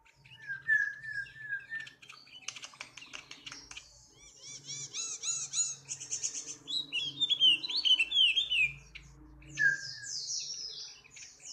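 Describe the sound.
Yellow-spectacled white-eye song: rapid high twittering and chirps in fast, irregular bursts, with a brief lower whistled phrase at the start and near the end.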